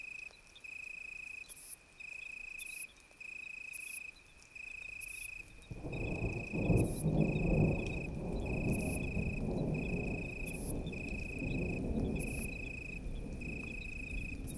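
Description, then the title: Italian tree cricket trilling in steady phrases with short breaks, while a low rumble swells midway and another insect chirps above. Italian tree cricket singing in deep darkness on a moonless night during a thunderstorm with occasional lightning; Ephippiger vineyard bush-cricket and tinkling crickets audible in background. "naturophonie. Un grillon sous l'orage"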